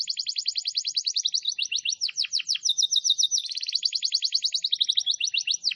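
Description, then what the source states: Canary song in a continuous stream of rapid trills. The syllable type changes every second or so between chirpy and rolling tours. Lure recording.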